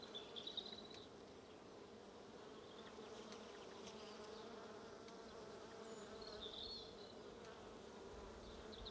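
Bees buzzing in an even low drone for the whole stretch, with a few faint brief bird chirps at the start and near the end.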